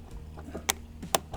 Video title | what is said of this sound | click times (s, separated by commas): VAGKRI Evaporative Cooler Disassembly And Cleaning | There we go. Did you hear it snap? | 0.7 s, 1.1 s